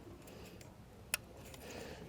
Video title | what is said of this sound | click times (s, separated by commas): BMW F30 Valve Cover Gasket Replacement DIY (BMW N20/N26 Engine) | you'll hear them kind of click into place | 1.1 s